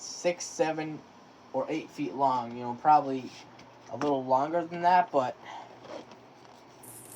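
Someone talks while a stretchy vacuum hose, roughly six to eight feet long, is moved back toward its mount on the vacuum cleaner body, with only faint handling rustle under the voice. The hose has not snapped into place or clicked yet.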